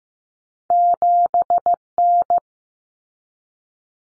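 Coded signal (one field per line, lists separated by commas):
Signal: Morse code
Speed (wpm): 15 wpm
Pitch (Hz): 700 Hz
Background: none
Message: 7N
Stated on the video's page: Practice drill at 15wpm of two-digit cut numbers, each sent in Morse, spoken, then sent again for head-copy.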